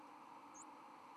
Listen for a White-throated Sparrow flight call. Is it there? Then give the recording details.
no. Another species' flight call is heard. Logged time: 04:51 on 31 October 2014